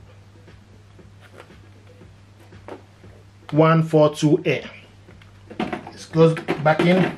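A laser toner cartridge is handled as it goes back into an HP LaserJet M140we all-in-one printer, with soft plastic taps and rustles under a steady low hum. Someone talks over the handling. The cartridge has not yet seated or clicked into place.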